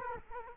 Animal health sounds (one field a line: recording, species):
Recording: mosquito wingbeat signal from an infrared sensor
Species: Culex quinquefasciatus